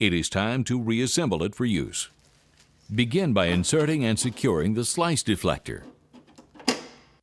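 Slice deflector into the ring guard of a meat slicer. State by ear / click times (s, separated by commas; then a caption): seated / 6.7 s. Someone talks while reassembling a cleaned, sanitized, air-dried Globe meat slicer, inserting and securing the slice deflector onto the slicer's ring guard. After the talking stops, two faint ticks come at about 6.4 and 6.6 s. A loud sharp snap at 6.7 s marks the deflector seating in place on the ring guard.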